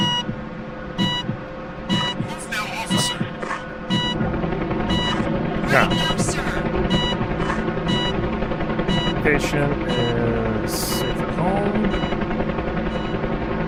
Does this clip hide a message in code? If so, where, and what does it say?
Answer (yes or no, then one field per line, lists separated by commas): no